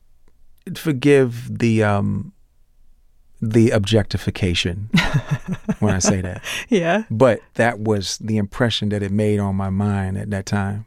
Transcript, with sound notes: forgive the objectification...
(Laughter).
...When I say that.
Yeah.
But that was the impression that it made on my mind at that time.